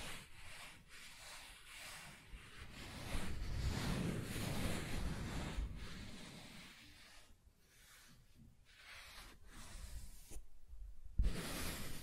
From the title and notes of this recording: ASMR Soft Tracing on Smooth and Rough Surfaces (No Talking).